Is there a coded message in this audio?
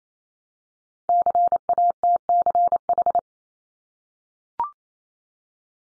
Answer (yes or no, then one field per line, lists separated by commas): yes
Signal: Morse code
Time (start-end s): 1.1-3.2 s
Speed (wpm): 28 wpm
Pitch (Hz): 700 Hz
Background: none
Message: CATCH